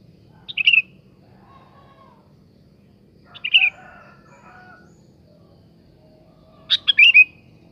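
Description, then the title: Sooty-headed bulbul song: three short chirpy phrases spaced about three seconds apart, with soft lower whistled notes between them. "Kutilang"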